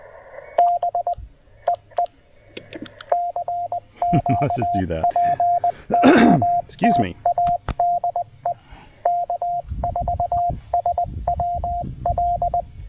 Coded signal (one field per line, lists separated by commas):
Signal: Morse code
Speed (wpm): 20 wpm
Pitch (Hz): 700 Hz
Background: speech, radio noise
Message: B EE CQ POTA DE K4SWL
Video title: 20 Meters, QRP, & Canine Companions: A Relaxing POTA Afternoon at Table Rock